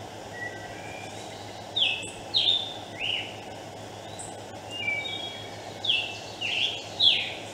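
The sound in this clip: Scarlet tanager singing harsh, buzzy phrases in two groups with a pause between, over steady background noise.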